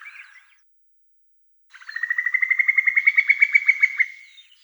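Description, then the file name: Common cuckoo bubbling call: a quick, even run of pulsed notes, slightly rising then level, lasting about two and a half seconds after a brief short note. "Cuculus canorus"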